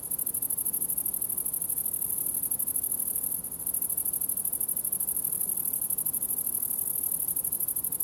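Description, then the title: Grasshoppers keep up a thin, high, sizzling shrill of rapid pulses, with one brief dip near the middle, over faint low background noise. Several grasshoppers in a summer ambience at the farm of Villers Abbey, Villers-la-Ville, Belgium; recorded with Sony PCM-D100 internal microphones in wide position. "Ferme de lAbbaye de Villers, 1495 Villers-la-Ville, Belgique - Grasshoppers"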